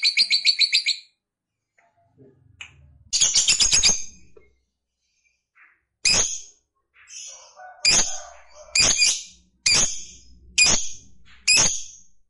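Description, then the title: Lovebird-type bird giving a quick chattering burst, then a harsh trill, followed by single piercing chirps about once a second. Fighter-type lovebird singing energetically (gacor). "Berkat SUARA Lovebird FIGHTER GACOR Ini"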